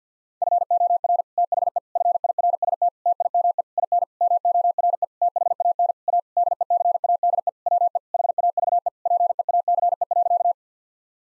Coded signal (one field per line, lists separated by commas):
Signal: Morse code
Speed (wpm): 50 wpm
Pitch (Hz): 700 Hz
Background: none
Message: FOR THE FIRST TIME IN MORE THAN A DECADE WE HAVE PEACE.